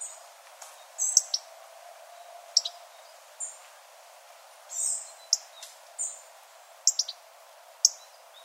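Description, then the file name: European robin, high sharp ticking calls at uneven intervals mixed with brief thin whistles and a softer rushing note midway. "Erithacus rubecula"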